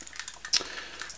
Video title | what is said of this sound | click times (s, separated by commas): Transformers g1 Triggerhappy review | Nice clicky clunky noise. fold them down | 0.6 s